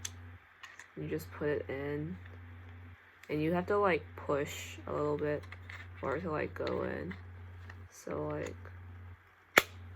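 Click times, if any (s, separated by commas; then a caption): 9.6 s. Someone talks while pushing a Vicseed full silicone protection car phone holder clip into its car mount base with a little force. It snaps in with a sharp click at 9.6 seconds, showing it is seated.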